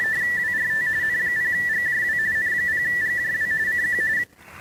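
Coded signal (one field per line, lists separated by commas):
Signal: RTTY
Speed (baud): 45.45 baud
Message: WRT N0GJW N0GJW CQ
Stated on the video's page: Weekly RTTY test sent from an FDX10 into a 29.5 ft end-fed antenna with 9:1 unun and manual tuner.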